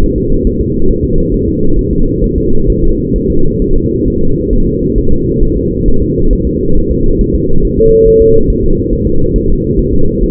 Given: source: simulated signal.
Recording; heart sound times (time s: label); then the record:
fetal heart sounds
0.04 s: S1
0.18 s: S2
0.47 s: S1
0.61 s: S2
0.90 s: S1
1.04 s: S2
1.34 s: S1
1.48 s: S2
1.79 s: S1
1.93 s: S2
2.24 s: S1
2.38 s: S2
2.70 s: S1
2.84 s: S2
3.16 s: S1
3.30 s: S2
3.62 s: S1
3.76 s: S2
4.08 s: S1
4.22 s: S2
4.53 s: S1
4.67 s: S2
4.98 s: S1
5.12 s: S2
5.43 s: S1
5.57 s: S2
5.88 s: S1
6.02 s: S2
6.33 s: S1
6.47 s: S2
6.77 s: S1
6.91 s: S2
7.21 s: S1
7.35 s: S2
7.65 s: S1
7.79 s: S2
8.08 s: S1
8.22 s: S2
8.50 s: S1
8.64 s: S2
8.93 s: S1
9.07 s: S2
9.36 s: S1
9.50 s: S2
9.79 s: S1
9.94 s: S2
10.23 s: S1
From the record:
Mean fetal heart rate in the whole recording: 135 bpm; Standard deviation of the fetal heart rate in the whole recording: 3 bpm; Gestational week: 36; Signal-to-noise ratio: -19.1 dB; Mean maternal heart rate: 72 bpm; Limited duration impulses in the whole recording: present